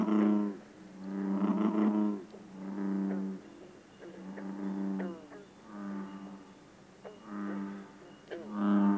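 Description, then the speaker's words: American bullfrog bellows: deep, drawn-out resonant notes, repeated in a slow sequence and swelling and fading in loudness. Extraordinary low bellowing notes of one of the largest native North American frogs. "At the low end, we find the extraordinary bellowing notes of one of our largest native frogs, the bullfrog."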